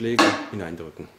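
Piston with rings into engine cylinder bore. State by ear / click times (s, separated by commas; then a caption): not seated / none. A metal piston with its rings is being pushed and tapped down into the cylinder bore of a BMW N42/N46 engine block (318i/316i E46) while someone talks. A sharp knock is heard near 0.2 s, followed by softer knocks around 0.5, 0.8 and 1.0 s. Nothing has seated yet; the whole fitting later sounds right and goes in far enough, so no piston ring came loose or jammed.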